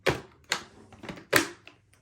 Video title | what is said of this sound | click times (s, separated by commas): Vax Evolve cordless upright vacuum cleaner - Overview & Demonstration | clicks back into place this is your battery which takes about three hours to charge | 1.4 s